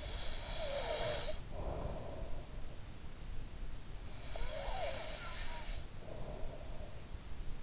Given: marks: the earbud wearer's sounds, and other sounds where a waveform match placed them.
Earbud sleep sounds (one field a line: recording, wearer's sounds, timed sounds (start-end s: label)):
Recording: sounds in sleep by an in-ear microphone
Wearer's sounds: breath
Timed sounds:
0.00-2.91 s: breath
4.05-6.91 s: breath